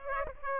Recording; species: mosquito wingbeat signal from an infrared sensor; Aedes aegypti